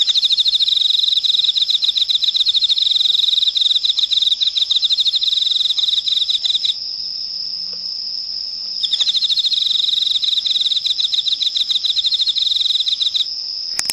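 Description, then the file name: Emma field cricket chirps in long rapid trains of pulses, pausing for about two seconds midway, then resuming; a steady high whine runs through the background. "エンマコオロギ"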